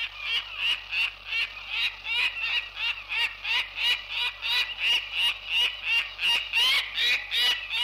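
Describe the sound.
Peregrine falcon giving a harsh, grating cackle: a steady series of loud, raspy notes, close to three each second, running throughout without pause.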